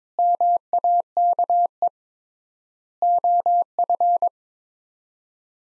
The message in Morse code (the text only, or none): MAKE OF